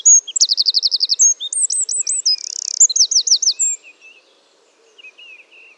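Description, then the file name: Eurasian wren song: a loud, rapid run of high trills and sharp twittering notes lasting about four seconds, then a few faint notes. "Troglodytes troglodytes"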